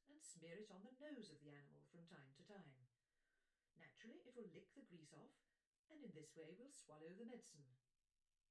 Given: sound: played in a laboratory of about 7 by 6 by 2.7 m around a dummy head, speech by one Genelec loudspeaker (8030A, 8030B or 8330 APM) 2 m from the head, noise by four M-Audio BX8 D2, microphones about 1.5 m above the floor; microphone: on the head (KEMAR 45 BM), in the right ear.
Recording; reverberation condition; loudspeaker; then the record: female speech in English; low; 60 degrees to the left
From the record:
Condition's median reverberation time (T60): about 310 ms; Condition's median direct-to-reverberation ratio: about 3.5 dB